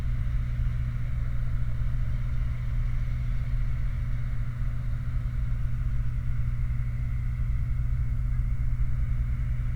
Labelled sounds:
machinery

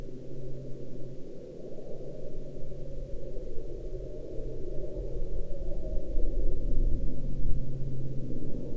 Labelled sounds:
aircraft

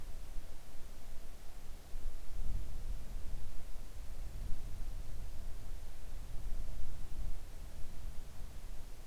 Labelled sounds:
near silence

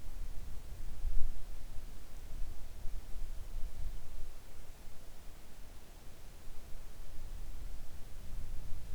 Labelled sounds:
near silence

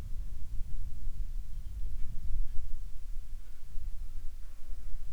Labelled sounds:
wind, insects

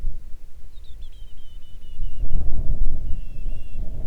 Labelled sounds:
bird, wind

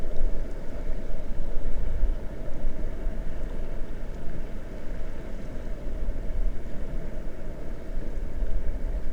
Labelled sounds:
grouse or ptarmigan, water

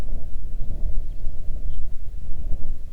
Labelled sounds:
wind

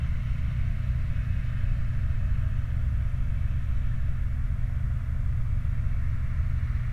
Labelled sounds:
truck

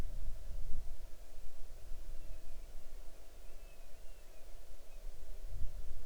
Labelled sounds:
bird, insects

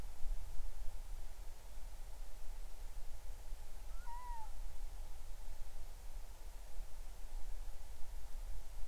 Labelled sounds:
bird

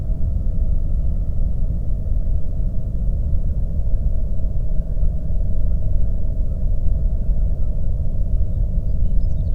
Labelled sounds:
songbird, flare stack

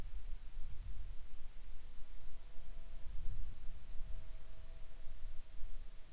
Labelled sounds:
wind, insects

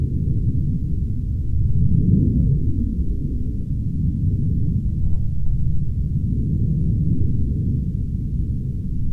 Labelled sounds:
aircraft

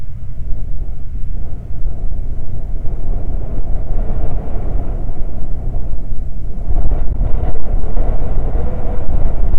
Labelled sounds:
wind

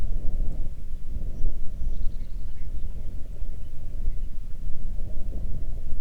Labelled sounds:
songbird, wind

